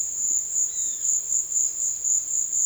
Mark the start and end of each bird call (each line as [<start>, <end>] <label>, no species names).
[0.69, 1.13] bird call